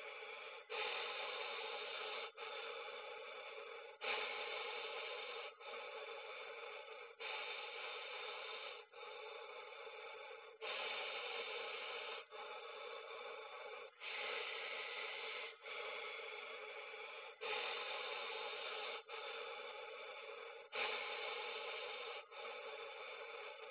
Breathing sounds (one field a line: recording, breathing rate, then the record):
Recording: paced breathing near a phone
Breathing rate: 18 breaths a minute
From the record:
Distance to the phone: 20 cm